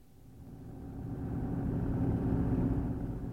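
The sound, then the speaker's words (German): A green Renault's engine rumbles steadily, low and mid-pitched, swelling gradually in loudness over a few seconds as it drives from Rouen toward Reims. No voices are heard. “Wir rufen den grünen Renault, der von Rouen nach Reims fährt.”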